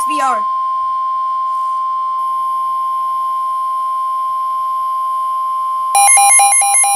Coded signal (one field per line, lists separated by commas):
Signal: Emergency Alert System (SAME) tones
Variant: 1050 Hz attention tone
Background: speech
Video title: Severe Thunderstorm Warning #26 (EAS #45) (9/8/2023)